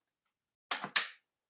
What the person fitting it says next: And you hear it snap into place.